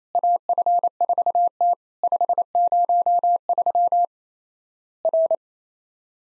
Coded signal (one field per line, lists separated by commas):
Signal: Morse code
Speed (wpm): 28 wpm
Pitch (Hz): 700 Hz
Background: none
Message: AF4T 503 R